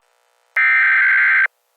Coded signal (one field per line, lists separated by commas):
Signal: Emergency Alert System (SAME) tones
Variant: header bursts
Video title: EAS | The Attack III